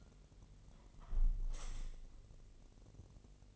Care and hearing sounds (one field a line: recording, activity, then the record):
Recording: daily activity, microphone in the room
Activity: close window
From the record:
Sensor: 4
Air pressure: 1001.2 hPa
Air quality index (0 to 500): 248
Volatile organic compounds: 45 ppm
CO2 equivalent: 3225 ppm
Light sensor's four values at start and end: 9/20/8/7 and 9/19/7/7